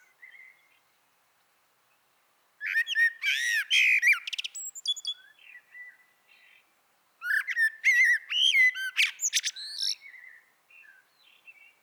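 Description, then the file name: Eurasian blackbird singing two rich warbling phrases of mellow whistles that break into high, scratchy chattering, with brief soft notes between them. "Turdus merula"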